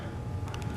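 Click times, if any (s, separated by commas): 0.5 s, 0.6 s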